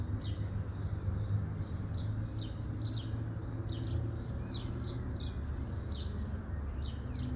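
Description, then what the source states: Bird chirping, sharp high notes repeated in quick succession, sometimes in pairs, over a steady low rumble. Birds chirping at midday.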